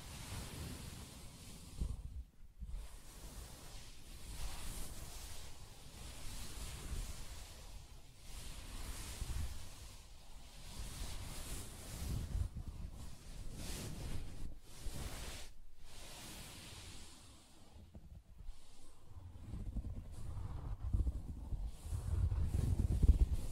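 Soft fabric is tapped and scratched in a continuous, rustling wash of brushing strokes, with a dull low thump running beneath. Brief near-silent gaps break the texture around 2, 15 and 18 seconds, and the thumping grows heavier toward the end.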